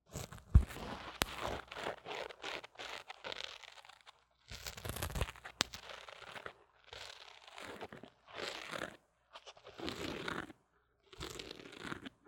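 Handling noises on a line microphone: bursts of crunching, crinkling and rubbing come in irregular clusters of a second or so, separated by short near-silent gaps. A few sharp clicks stand out, one near the start and others around five and six seconds.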